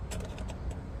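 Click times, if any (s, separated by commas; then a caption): none. A transmission cooler line bracket is being handled against the plastic radiator fan shroud of a 2007–2013 Chevy Silverado / GMC Sierra, with light rattling knocks over a low steady hum and two brief sharp taps near 0.4 s and 0.5 s. Nothing has seated or clicked into the shroud yet.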